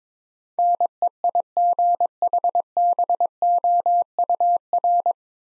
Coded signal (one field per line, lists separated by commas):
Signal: Morse code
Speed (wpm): 22 wpm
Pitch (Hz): 700 Hz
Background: none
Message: NEIGHBOUR